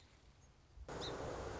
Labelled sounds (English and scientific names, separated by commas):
Song Sparrow (Melospiza melodia)